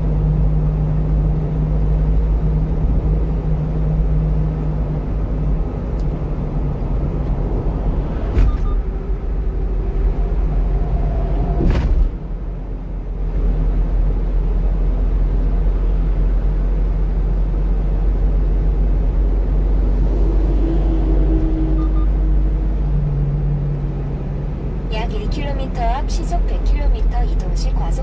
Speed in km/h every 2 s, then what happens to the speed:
64, 64, 61, 55, 55, 54, 54, 54, 56, 58, 60, 55, 54, 54.
3-6 slows to 55. 6-12 steady at about 54. 12-21 speeds up to 60. 21-28 steady at about 54.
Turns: none.